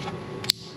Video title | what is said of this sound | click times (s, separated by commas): Audi A4 Spark Plug & Ignition Coil Replacement - DIY | to make sure you actually get that snap | 0.5 s